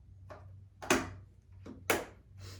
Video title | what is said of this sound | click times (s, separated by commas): Process Presentation | See, you hear both clicks? | 0.9 s, 1.9 s